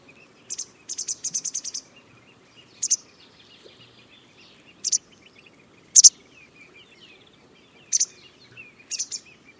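Bird chirps: a quick run of high, sharp notes, then single bright chirps spaced about one to two seconds apart over a quiet, faintly hissing background.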